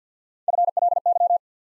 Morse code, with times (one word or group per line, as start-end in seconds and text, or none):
0.5-0.7 F
0.8-1.0 L
1.1-1.4 Y